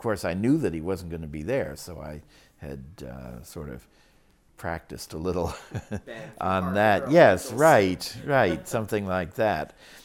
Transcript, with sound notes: And of course, I knew that he wasn't going to be there, so I had sort of, practiced a little [Laughs] on that. Yes, right, right, something like that.